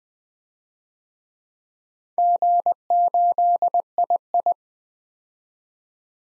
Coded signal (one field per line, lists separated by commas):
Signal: Morse code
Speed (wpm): 20 wpm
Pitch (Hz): 700 Hz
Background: none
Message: G8II